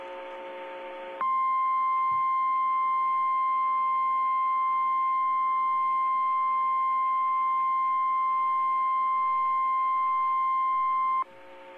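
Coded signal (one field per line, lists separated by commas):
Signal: Emergency Alert System (SAME) tones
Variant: 1050 Hz attention tone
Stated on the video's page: Flash Flood Warning received from NOAA Weather Radio WXL86 Spokane, WA.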